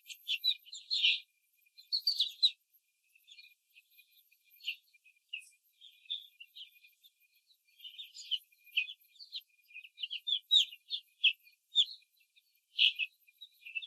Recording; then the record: young laying hens in a cage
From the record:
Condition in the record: control cage, before the stress test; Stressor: none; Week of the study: 4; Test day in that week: 3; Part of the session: 1